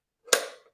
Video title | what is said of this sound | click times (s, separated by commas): How to film fashion videos | get a nice satisfying click there | 0.3 s